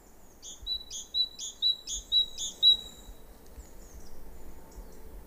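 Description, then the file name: Great tit song: a bright two-note phrase, high then lower, repeated about every half second five times, then fainter chirps over a low steady rumble. "Parus major"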